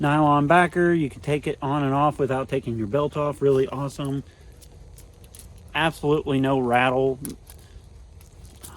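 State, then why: Seated. Someone talks over a Work Tuff Gear Gen 2 Elbrus fixed-blade knife and its molded Kydex sheath with a nylon backer, then quiet handling noises follow as the knife is pushed into the sheath. It snaps home with a sharp click at 8.7 s, fully seated with no rattle.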